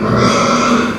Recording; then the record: squeal of a Yucatan mini pig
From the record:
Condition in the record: after surgery on the right vocal fold (resection and tissue-engineered implant); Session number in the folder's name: 16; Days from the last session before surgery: 183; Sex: female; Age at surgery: 19 weeks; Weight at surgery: 25 kg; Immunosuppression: prednisolone